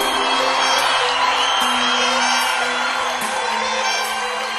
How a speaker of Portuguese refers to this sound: Quero ver o grito dos apaixonados aí.